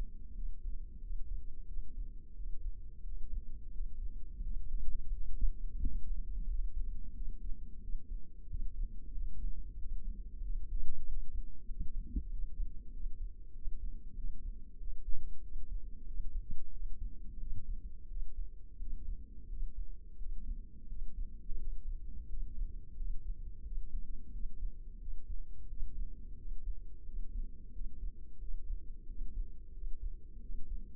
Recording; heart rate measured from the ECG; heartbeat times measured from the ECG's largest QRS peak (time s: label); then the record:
heart sounds by microphone in the left ear; 90 bpm
0.36 s: heartbeat
1.03 s: heartbeat
1.70 s: heartbeat
2.37 s: heartbeat
3.05 s: heartbeat
3.73 s: heartbeat
4.44 s: heartbeat
5.13 s: heartbeat
5.81 s: heartbeat
6.48 s: heartbeat
7.16 s: heartbeat
7.83 s: heartbeat
8.50 s: heartbeat
9.15 s: heartbeat
9.80 s: heartbeat
10.43 s: heartbeat
11.07 s: heartbeat
11.70 s: heartbeat
12.32 s: heartbeat
12.94 s: heartbeat
13.55 s: heartbeat
14.17 s: heartbeat
14.80 s: heartbeat
15.44 s: heartbeat
16.08 s: heartbeat
16.73 s: heartbeat
17.40 s: heartbeat
18.10 s: heartbeat
18.81 s: heartbeat
19.50 s: heartbeat
20.20 s: heartbeat
20.89 s: heartbeat
21.60 s: heartbeat
22.30 s: heartbeat
22.98 s: heartbeat
23.65 s: heartbeat
24.33 s: heartbeat
25.01 s: heartbeat
25.70 s: heartbeat
26.39 s: heartbeat
27.06 s: heartbeat
27.74 s: heartbeat
28.42 s: heartbeat
29.09 s: heartbeat
29.74 s: heartbeat
30.42 s: heartbeat
From the record:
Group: healthy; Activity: rest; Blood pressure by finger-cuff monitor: 139/85 mmHg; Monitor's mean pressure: 103 mmHg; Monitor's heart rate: 89 bpm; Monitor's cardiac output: 7.4 L/min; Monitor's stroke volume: 83 mL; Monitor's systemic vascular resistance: 1030 dyn s/cm5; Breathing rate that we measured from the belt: 18 breaths a minute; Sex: male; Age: 21 years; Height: 175 cm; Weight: 72.6 kg